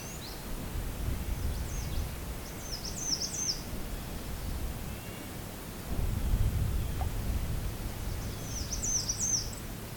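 American Redstart song, high-pitched thin notes in several brief phrases, over steady low rumbling background noise.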